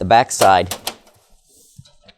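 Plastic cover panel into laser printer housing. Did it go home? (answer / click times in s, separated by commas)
yes / 1.9 s, 2.1 s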